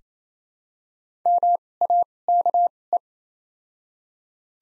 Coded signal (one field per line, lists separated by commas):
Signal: Morse code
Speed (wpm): 28 wpm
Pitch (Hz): 700 Hz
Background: none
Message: M A K E